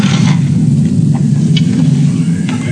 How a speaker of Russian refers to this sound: Услыхав гром, Чичиков оглянулся на окно.